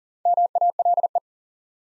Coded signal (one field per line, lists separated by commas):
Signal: Morse code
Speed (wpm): 40 wpm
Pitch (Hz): 700 Hz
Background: none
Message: MALE